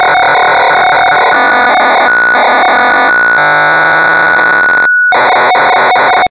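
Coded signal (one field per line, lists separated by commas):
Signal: computer data on cassette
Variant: Amstrad CPC 464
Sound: harsh buzzing, warbling data tones that shift in pitch blocks, one brief silent gap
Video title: Fu-Kung in Las Vegas (1985) - Amstrad CPC 464 (Full Tape Rip / Cassette Load)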